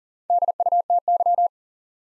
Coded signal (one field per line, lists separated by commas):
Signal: Morse code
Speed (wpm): 41 wpm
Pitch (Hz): 700 Hz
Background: none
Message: DUTY